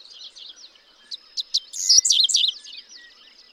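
Dickcissel song: a few sharp separated chips, then a dense run of buzzy, stuttering notes, over a faint steady high hum and soft chatter.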